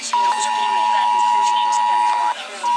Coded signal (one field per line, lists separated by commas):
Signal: Emergency Alert System (SAME) tones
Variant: 853 and 960 Hz attention tone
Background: speech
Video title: 2023 National Test FM & WEA captures (EAS #1461 - 1474)